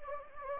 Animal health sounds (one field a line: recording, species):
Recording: mosquito wingbeat signal from an infrared sensor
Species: Anopheles gambiae